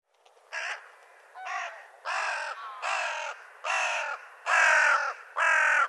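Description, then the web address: Bird giving a series of seven harsh caws, roughly one per second, growing louder toward the end. "cianscape birddata Deverinetal 2025 Bird Co Co Co Co"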